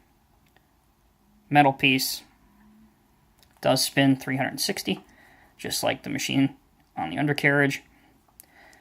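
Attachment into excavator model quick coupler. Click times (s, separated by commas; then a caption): 8.4 s. Someone talks while a 1:50 diecast Diecast Masters Cat M318F wheeled excavator model is handled, its sorting grapple's metal piece spinning 360 degrees. Then the attachment is closed into the excavator's plastic quick coupler with a short, sharp click at 8.4 s, and it is seated.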